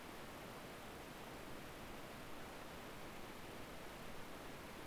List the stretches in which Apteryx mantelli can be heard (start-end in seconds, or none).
none